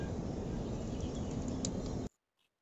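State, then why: Seated. A male MC4 connector on a negative solar cable is pushed into a female MC4 connector, with a short sharp click at 1.7 s heard over steady broadband noise that cuts off to near silence at about 2.1 s. The connector snaps fully home, fully connected with the pin firmly in.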